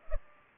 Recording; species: mosquito wingbeat signal from an infrared sensor; Culex pipiens